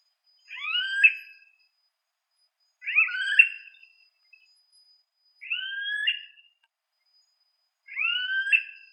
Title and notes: Carrapateiro Yellow-headed Caracara (Milvago chimachima)